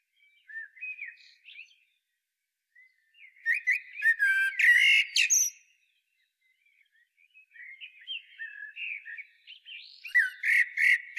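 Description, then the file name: Common blackbird song: soft whistled notes, a loud phrase of warbles and high twitters around four to five seconds, then a second phrase building near the end. "Turdus merula"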